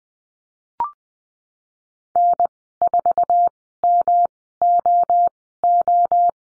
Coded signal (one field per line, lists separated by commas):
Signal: Morse code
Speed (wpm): 20 wpm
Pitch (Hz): 700 Hz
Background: none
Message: N4MOO